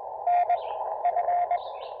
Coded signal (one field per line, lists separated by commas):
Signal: Morse code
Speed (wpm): 21 wpm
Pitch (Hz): 710 Hz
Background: none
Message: NF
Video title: Drive-Up Summit with Spectacular Views: A quick SOTA & POTA combo activation on Dogback Mountain!